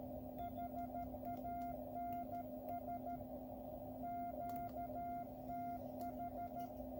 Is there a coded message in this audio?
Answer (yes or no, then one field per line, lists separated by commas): yes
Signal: Morse code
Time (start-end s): 0.4-6.7 s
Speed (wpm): 13 wpm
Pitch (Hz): 700 Hz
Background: radio noise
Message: HANS QTH